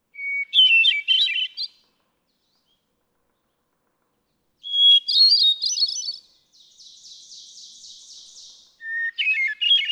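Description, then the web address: Hermit thrush song: three fluty phrases, each opening on a steady pure whistle and breaking into tumbling notes at a new pitch, with a softer buzzy trill before the last phrase. "birdsongforthecurious Hermit Thrush"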